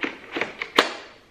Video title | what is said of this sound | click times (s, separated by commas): Ultime pulizie in taverna prima dell'arrivo della nuova cucina | ok così lui si è agganciato e quando lo fate partire va | 0.8 s